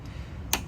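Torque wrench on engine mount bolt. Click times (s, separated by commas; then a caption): 0.5 s. A click-type torque wrench tightens an engine mount bolt on an MK7/MK8 to about 35, against a low steady background hum. The wrench gives a single sharp, bright click at 0.5 s as it reaches the setting.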